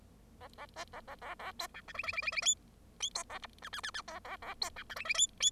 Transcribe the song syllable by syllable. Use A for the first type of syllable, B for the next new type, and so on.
A A B A A A A C D E F F F F F G G C A H I I I I A A A C D E F F G G